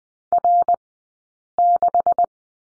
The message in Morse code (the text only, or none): R6